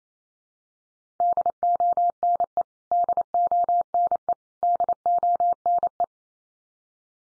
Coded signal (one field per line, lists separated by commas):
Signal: Morse code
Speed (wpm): 28 wpm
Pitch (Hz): 700 Hz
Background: none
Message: DONE DONE DONE